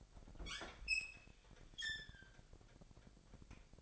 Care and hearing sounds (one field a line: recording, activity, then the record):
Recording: daily activity, microphone in the room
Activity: open fridge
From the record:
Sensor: 5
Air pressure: 1002.0 hPa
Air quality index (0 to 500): 210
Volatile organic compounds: 21 ppm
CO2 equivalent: 2732 ppm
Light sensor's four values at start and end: 10/23/9/10 and 11/26/11/12